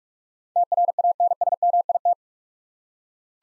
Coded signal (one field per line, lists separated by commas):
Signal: Morse code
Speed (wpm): 46 wpm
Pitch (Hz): 700 Hz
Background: none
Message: TRANSMIT